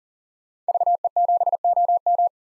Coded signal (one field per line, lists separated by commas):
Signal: Morse code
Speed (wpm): 40 wpm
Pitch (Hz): 700 Hz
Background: none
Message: VE7OM